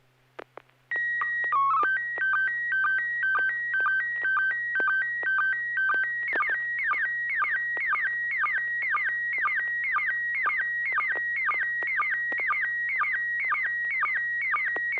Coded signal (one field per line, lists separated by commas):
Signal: SSTV (slow-scan television)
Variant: PD 120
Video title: N6NA SSTV Net - 01/01/2025